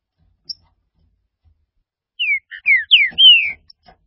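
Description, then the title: Green-winged saltator song: after near silence, a single phrase of four or five full, descending whistled notes ending in a long drawn-out whistle. "Trinca Ferro"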